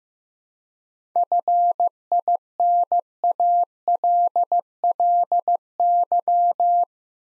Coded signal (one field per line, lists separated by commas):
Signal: Morse code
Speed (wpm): 15 wpm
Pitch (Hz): 700 Hz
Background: none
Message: FINALLY